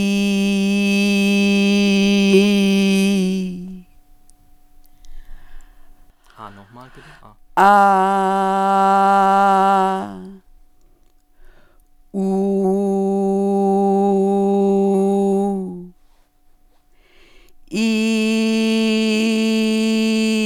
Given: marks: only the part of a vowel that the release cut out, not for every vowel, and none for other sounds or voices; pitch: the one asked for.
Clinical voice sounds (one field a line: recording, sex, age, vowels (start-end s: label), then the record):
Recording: sustained vowels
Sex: female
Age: 60 to 69 years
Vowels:
0.00-1.96 s: vowel /i/, normal pitch
7.70-9.14 s: vowel /a/, normal pitch
12.78-14.76 s: vowel /u/, normal pitch
18.22-20.20 s: vowel /i/, high pitch
From the record:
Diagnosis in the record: healthy voice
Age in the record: 65 years